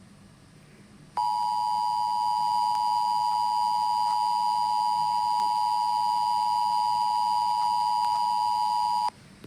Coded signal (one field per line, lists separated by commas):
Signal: Emergency Alert System (SAME) tones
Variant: 853 and 960 Hz attention tone